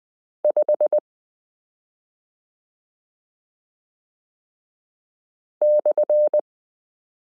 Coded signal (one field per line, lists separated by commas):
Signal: Morse code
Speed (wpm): 20 wpm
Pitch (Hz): 600 Hz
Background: none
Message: 5 /